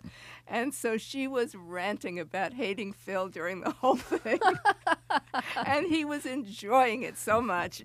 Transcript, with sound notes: And so she was ranting about hating Phil during the whole thing.
(Laughter).
And he was enjoying it so much.